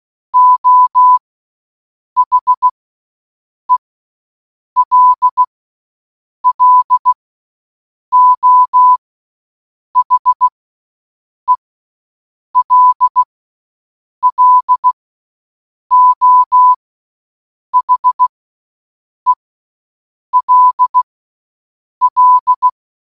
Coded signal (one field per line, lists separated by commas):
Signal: Morse code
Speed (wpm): 16 wpm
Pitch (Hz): 1000 Hz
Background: none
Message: O HELLO HELLO HELL